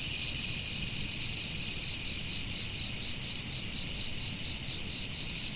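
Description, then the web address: Autumn insects singing: an unbroken high whine layered with brief, rapid chirping trills that come in small clusters at irregular intervals. "nature 01 autumn insects"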